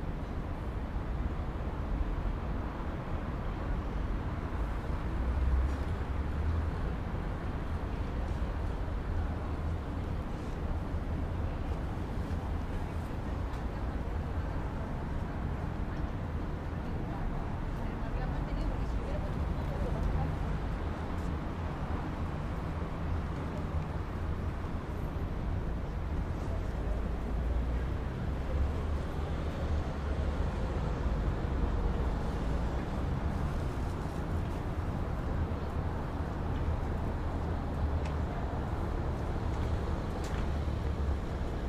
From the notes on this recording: field recordings and lovely sounds from a Dutch city square